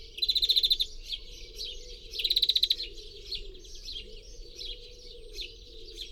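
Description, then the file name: European greenfinch calls, two bright rapid trilled bursts near the start and middle, followed by softer twittering notes, with a low steady hum beneath. "Chloris chloris"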